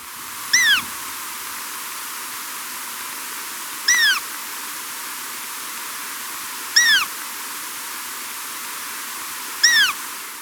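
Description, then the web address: Many-striped canastero uttering clear downslurred notes with overtones, one roughly every three seconds, over an even background hiss. Recorded in Ecuador. "Birds of Ecuador 2. Many-Striped Canastero"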